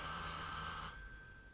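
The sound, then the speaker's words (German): A telephone bell rings in one bright, metallic burst of high, shimmering tones, then its overtones ring on and fade into quiet. No one speaks. “Ausgerechnet heute klingelte alle Augenblicke das Telefon.”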